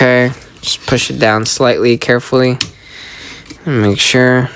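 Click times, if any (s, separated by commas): none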